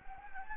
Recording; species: mosquito wingbeat signal from an infrared sensor; Anopheles gambiae